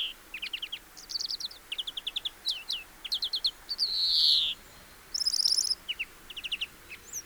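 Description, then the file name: European greenfinch twittering in quick trilled phrases, then a long wheezing nasal buzz, followed by more rapid chirping runs. "Chloris chloris"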